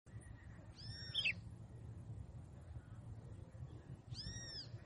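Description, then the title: Red-cowled cardinal calls: two separate arched, harmonic-rich notes about three seconds apart, with a steady low rumble underneath. Female calling in the bush. "FÊMEA DE GALO DE CAMPINA - CHAMANDO NO MATO."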